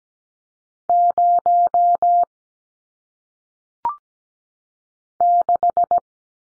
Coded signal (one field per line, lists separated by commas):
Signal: Morse code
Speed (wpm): 17 wpm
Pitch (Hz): 700 Hz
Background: none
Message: 0 6